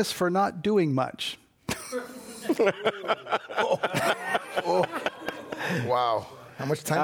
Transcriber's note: laughter